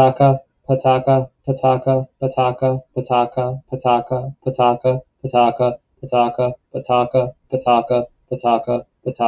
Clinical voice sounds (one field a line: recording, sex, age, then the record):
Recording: repeated syllables /pa ta ka/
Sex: male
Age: 40 to 49 years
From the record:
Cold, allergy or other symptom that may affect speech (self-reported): no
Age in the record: 40 years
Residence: Massachusetts, United States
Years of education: 18